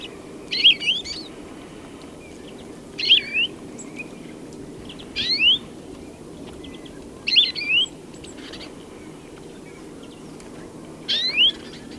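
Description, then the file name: European greenfinch giving five rising whistled calls at intervals, over a faint steady hiss. "Chloris chloris"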